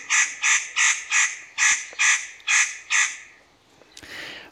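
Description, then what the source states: Spotted nutcracker giving harsh, rasping calls, about eight in quick succession over three seconds, followed by a short burst of noise. Played as a recording at the end of a radio programme.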